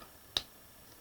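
A plastic cap is pushed onto a felt-tip marker until it clicks shut at 0.4 s. A single short, sharp click stands out above a quiet background, and it means the cap is seated on all the way, unlike a loose cap that comes off easily.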